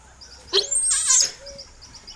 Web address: giant otter